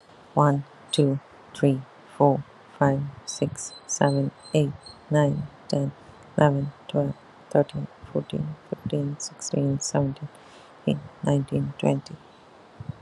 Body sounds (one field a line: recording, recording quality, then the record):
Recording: counting at a normal pace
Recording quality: excellent, no background noise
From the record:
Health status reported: healthy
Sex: female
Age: 47 years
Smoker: no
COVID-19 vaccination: both doses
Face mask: not worn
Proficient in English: yes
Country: India